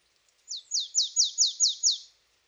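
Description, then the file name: Marsh tit giving a fast string of seven bright, high notes, each sliding downward, with no other sounds. "Poecile palustris"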